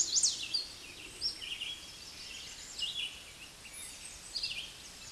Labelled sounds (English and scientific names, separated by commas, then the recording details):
Red-eyed Vireo (Vireo olivaceus) song
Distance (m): 20 m
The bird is about 10 m above the microphone
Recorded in a Pennsylvania forest on 16 May 2024 at 09:32
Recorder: AudioMoth, point MSD-2478
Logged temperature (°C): 15.6 °C
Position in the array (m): 70 m, 201 m